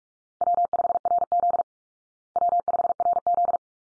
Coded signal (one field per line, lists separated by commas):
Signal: Morse code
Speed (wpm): 44 wpm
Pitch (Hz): 700 Hz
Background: none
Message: W5RZ W5RZ